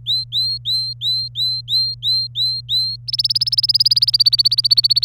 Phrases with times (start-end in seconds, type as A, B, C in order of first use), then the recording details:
0.06-2.96 A, 3.08-5.05 B. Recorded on 27 April 2018 at 13:03. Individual llb3